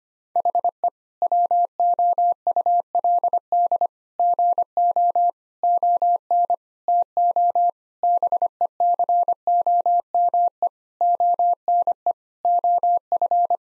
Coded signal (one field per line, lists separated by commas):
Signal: Morse code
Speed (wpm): 25 wpm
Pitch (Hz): 700 Hz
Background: none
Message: HE WOULD GO ON TO BECOME ONE OF